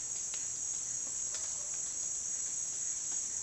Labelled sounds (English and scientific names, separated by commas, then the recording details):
none
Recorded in dense forest near Puerto Asís, Putumayo, Colombia, on 19 June 2025 at 10:30
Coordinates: 0.466, -76.327
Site GP04